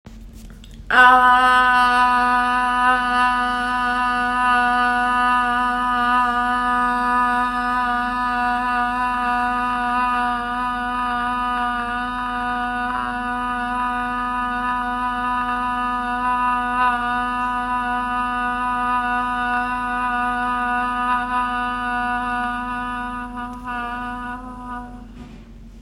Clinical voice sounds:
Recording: sustained vowel /a/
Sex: female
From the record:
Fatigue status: no fatigue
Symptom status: symptomatic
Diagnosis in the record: COVID-19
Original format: m4a

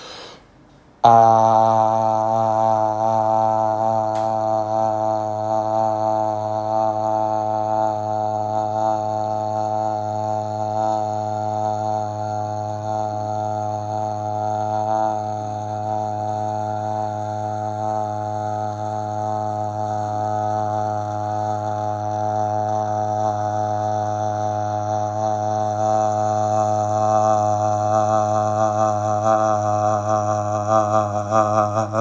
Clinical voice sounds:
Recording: sustained vowel /a/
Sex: male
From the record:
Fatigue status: no fatigue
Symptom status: asymptomatic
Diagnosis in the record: COVID-19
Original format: m4a

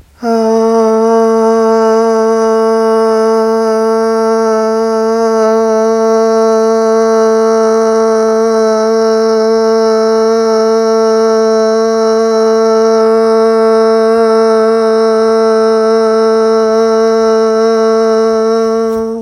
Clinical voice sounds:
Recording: sustained vowel /a/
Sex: female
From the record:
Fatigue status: no fatigue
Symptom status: asymptomatic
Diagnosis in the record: COVID-19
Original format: m4a

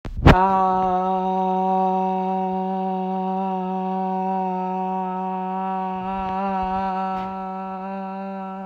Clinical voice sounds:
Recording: sustained vowel /a/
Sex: female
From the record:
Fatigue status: no fatigue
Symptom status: symptomatic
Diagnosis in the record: COVID-19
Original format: m4a

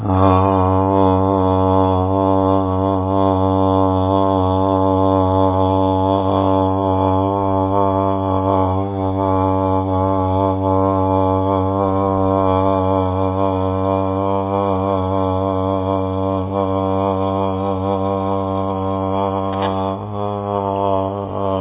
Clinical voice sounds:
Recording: sustained vowel /a/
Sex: male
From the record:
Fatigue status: no fatigue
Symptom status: symptomatic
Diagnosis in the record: COVID-19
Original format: 3gp

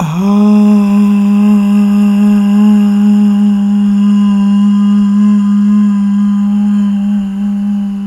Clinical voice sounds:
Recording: sustained vowel /a/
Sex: female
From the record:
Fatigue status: fatigue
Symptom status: symptomatic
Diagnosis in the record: COVID-19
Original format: m4a

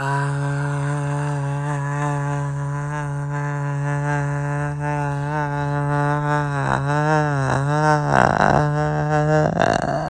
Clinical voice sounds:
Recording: sustained vowel /a/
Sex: male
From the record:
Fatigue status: fatigue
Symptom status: symptomatic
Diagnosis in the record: COVID-19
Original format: m4a

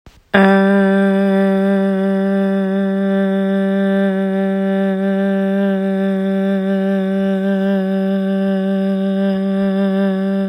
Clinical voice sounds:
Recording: sustained vowel /a/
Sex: female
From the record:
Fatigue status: no fatigue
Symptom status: symptomatic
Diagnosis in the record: COVID-19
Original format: m4a

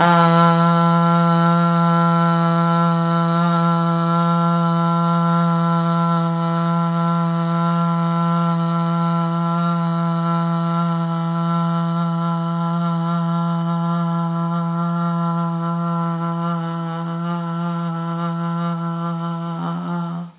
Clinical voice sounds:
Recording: sustained vowel /a/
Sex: female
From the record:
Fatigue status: no fatigue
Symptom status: symptomatic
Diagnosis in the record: COVID-19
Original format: 3gp

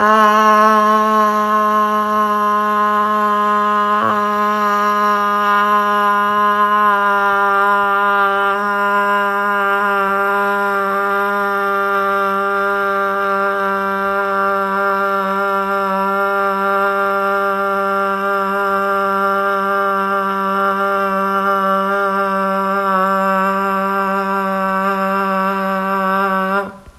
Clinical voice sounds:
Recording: sustained vowel /a/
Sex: female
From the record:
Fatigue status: no fatigue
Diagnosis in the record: COVID-19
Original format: m4a

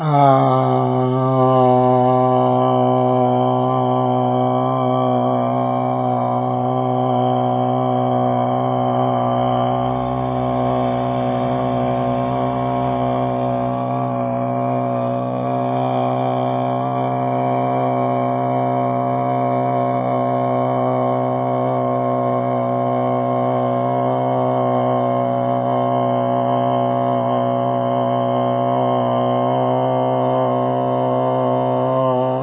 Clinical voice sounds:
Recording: sustained vowel /a/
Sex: male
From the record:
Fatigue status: no fatigue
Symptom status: asymptomatic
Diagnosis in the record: COVID-19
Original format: 3gp

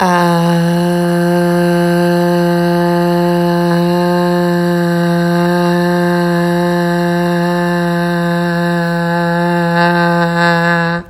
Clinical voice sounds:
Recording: sustained vowel /a/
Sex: female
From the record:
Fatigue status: no fatigue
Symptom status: symptomatic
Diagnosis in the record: COVID-19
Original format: m4a

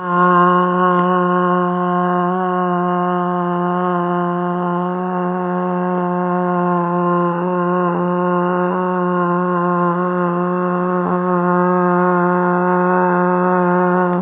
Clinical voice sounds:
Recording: sustained vowel /a/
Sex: female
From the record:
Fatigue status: fatigue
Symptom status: symptomatic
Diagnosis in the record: COVID-19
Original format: 3gp

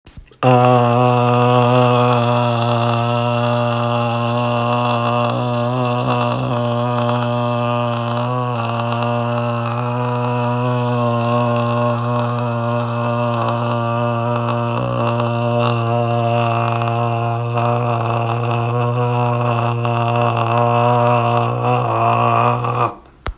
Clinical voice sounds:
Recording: sustained vowel /a/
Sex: male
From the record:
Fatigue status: no fatigue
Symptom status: asymptomatic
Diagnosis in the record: COVID-19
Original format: m4a

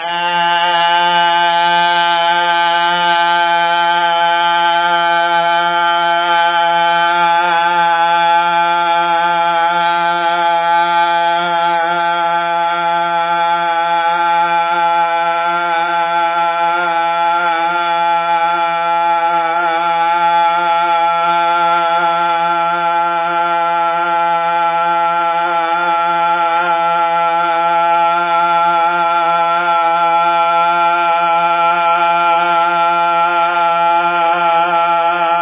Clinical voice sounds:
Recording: sustained vowel /a/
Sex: male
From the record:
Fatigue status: no fatigue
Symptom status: asymptomatic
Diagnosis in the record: COVID-19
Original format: 3gp

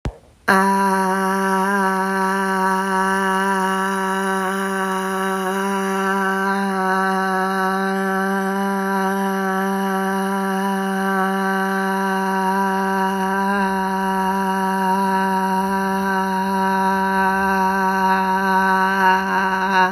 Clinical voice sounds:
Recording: sustained vowel /a/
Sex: female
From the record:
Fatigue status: no fatigue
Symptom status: symptomatic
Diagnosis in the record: COVID-19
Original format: m4a

